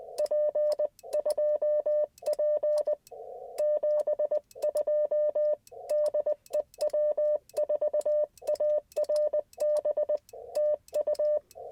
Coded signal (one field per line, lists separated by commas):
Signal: Morse code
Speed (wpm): 20 wpm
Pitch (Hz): 600 Hz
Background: none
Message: P2P 72 DE W4ARB TU